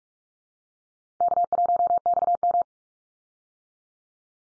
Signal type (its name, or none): Morse code